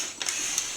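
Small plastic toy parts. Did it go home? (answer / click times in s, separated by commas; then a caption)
no / none. A plastic robot-toy piece, hinged on two tabs set into post holes on the robot body, is being rotated down toward its locked position. Brief light plastic ticks and handling knocks land around 0.2, 0.3 and 0.6 s over a steady high-pitched hiss. The piece has not snapped or seated yet.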